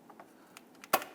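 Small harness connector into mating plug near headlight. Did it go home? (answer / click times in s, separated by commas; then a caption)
yes / 0.9 s. A small plastic harness connector is pushed into its mating plug near the headlight of a 2008–2013 Infiniti G37 during headlight mounting bracket replacement. A few faint ticks lead up to one loud, sharp click at 0.9 s as it latches. The connector is seated and locked in.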